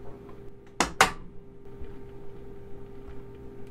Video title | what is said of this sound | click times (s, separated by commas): My First Computer Build | sounds like it clicked into place to me | 0.8 s, 1.0 s